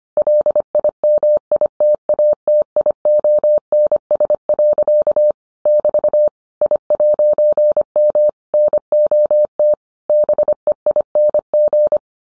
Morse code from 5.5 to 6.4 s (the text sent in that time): <BT>